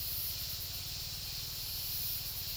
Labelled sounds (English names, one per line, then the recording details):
none
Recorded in dense forest near Puerto Asís, Putumayo, Colombia, on 19 March 2025 at 13:00
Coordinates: 0.503, -76.323
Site GP09